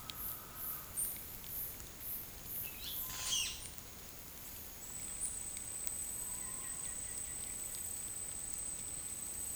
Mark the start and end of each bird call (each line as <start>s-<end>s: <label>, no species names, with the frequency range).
0.93s-1.16s: bird call (7.7-10.2 kHz)
2.62s-3.56s: bird call (0.7-9.6 kHz)
5.17s-5.37s: bird call (7.6-10.2 kHz)
6.28s-7.65s: bird call (1.7-4.3 kHz)